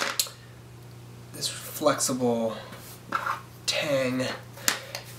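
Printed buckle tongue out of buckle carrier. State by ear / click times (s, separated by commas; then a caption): released / 4.7 s. Someone talks while pressing the release button on the flexible printed tang of a printed buckle. The buckle snaps free with a sharp click at 4.7 s, and the printed buckle tongue comes out of the buckle carrier, released.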